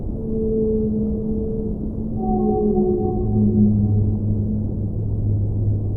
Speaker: Im Indischen Ozean rund um die Inseln der Seychellen haben Unterwassermikrofone die typischen Gesänge des Blauwals aufgezeichnet und so hören sie sich an.